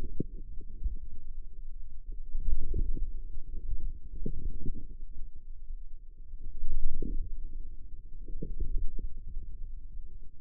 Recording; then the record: forearm muscle sounds (acoustic myography)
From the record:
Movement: wrist flexion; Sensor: system 2, bracelet of six BSWA MPA416 microphones around the upper forearm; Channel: 6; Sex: female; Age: 21 years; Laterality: right